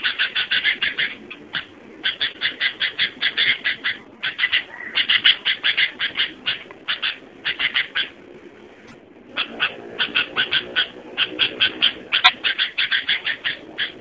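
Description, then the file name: Sooty-headed bulbul song of fast repeated chattering notes in long runs, broken by short gaps and one longer pause midway. "suara burung kutilang"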